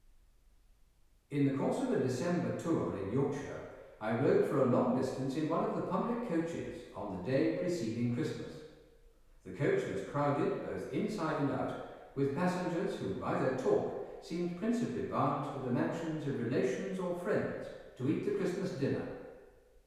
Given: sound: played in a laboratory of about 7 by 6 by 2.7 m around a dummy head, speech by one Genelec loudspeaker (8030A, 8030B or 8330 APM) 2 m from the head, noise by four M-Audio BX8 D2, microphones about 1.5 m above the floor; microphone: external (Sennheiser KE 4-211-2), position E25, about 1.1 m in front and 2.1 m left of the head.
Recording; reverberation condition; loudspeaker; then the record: male speech in English; high; behind (180 degrees)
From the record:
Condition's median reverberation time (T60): about 1300 ms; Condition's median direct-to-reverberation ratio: about -4.0 dB